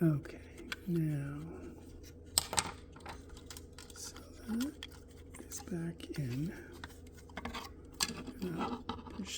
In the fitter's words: Snaps into place.